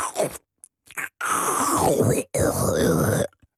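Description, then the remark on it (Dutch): A voice imitates the slurping of wet peat-moss ground as heard through a microphone stuck into it: a few short gurgling bursts, then two long, wet, squelchy sucking sounds with a throaty, grunting quality, loud and without words. “Voortdurend geslurp, als het ware. Ja, natte grond hoor je dan. Ik overdrijf nu heel erg, maar dat is heel natte grond, hè.”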